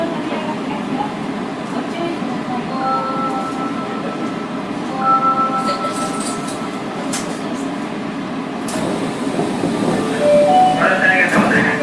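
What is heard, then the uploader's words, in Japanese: Running noise inside an Osaka subway train: a dense, steady low rumble fills the whole clip, with a thin sustained whine from the motors above it. Faint voices murmur throughout, and short clanks and rattles come and go, growing busier near the end. 大阪市営地下鉄時代の今里筋線の全区間走行音。Travel sound Osaka city municipal subway Imazatosuji line。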